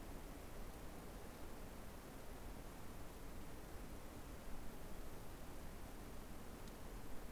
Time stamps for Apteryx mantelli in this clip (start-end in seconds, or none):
none